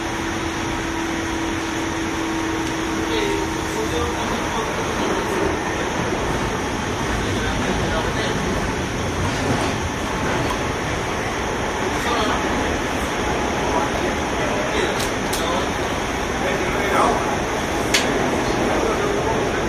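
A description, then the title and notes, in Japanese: A JR 201 series train rolls along with a steady, dense rumble that holds an even level for the whole stretch. A low hum sounds over the first few seconds, faint voices murmur underneath, and a few sharp clicks and ticks come through between fifteen and eighteen seconds. JR201系 桃谷〜桃谷。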